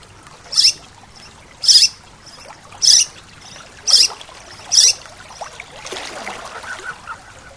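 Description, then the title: Bird calls: five short, buzzy, high notes about one second apart, then quieter rustling background sound. "SuaraBurung Kicau"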